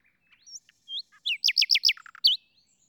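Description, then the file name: Common nightingale song: a few thin high whistles, then a fast run of loud repeated down-slurred notes, a short low stutter and a final bright whistle. "Luscinia megarhynchos"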